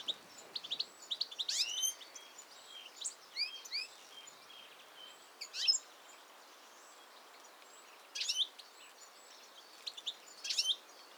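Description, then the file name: European goldfinch calls: bright, high twittering notes in irregular groups, some clusters followed by long quiet gaps, over light background noise. "Carduelis carduelis"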